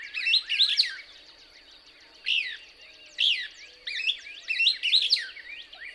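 Couch's Kingbird twitters in short bursts of sharp, slurred chirps separated by brief pauses, with a steady high background tone.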